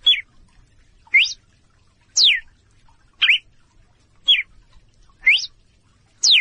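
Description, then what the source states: Red-cowled cardinal notes: brief bright whistles, some rising and some falling slurs, evenly spaced about a second apart in silence. Female song, used to get males singing.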